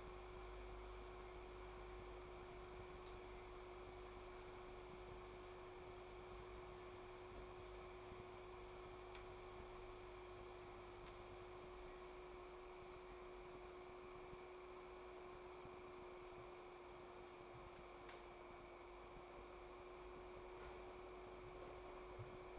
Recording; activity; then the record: daily activity, microphone in the room; make coffee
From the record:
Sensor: 1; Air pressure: 1004.3 hPa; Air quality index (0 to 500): 198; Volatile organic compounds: 18 ppm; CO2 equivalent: 2625 ppm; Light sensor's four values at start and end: 5/14/5/6 and 5/15/5/6